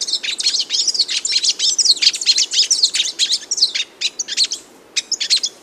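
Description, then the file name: Magpie tanager song, a busy stream of high, chattering chirps and short squeaky notes with a couple of brief gaps. "canto da tietinga"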